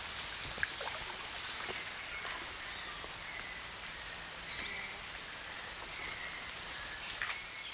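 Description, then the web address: Masked crimson tanager giving a few sharp, high chip notes spaced irregularly over a steady hiss of background noise. Song and calls; eastern lowlands of South America. "Natures Songs S America Eastern Lowlands. Ramphocelus nigrogularis, song and calls"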